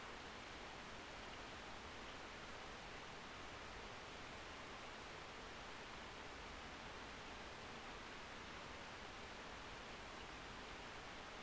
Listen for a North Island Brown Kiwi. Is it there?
no